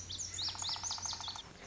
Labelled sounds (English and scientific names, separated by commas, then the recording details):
Lazuli Bunting (Passerina amoena)
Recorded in Sonoma County, California